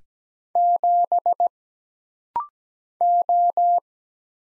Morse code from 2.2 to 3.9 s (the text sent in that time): O